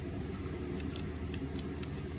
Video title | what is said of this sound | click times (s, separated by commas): Micro-Monday! Star Wars Micro Galaxy Squadron Tie Fighter | okay so maybe that's what it is like you push the figure down in there he's locked in place okay so the | 1.0 s